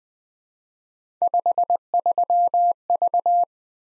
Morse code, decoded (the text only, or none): 53V